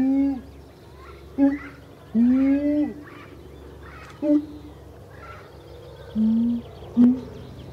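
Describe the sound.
Siamang giving several short hoots and a few longer whooping notes, some rising slightly, separated by pauses.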